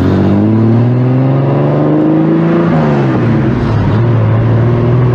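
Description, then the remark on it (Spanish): A car engine rumbles loudly and continuously with a deep, harmonic drone, its pitch climbing, dipping briefly, then rising again as it revs above idle. No voices are heard. “Ahí está el ronroneo, ¿eh?”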